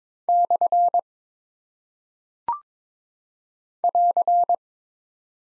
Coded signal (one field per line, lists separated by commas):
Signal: Morse code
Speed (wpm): 22 wpm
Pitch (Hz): 700 Hz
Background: none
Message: / <AR>